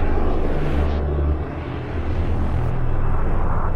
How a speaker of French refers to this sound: Chose exceptionnelle également cette journée de Kippour, des avions militaires ont survolé les villes.